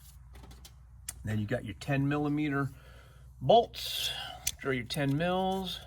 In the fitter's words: hook her up till it snaps.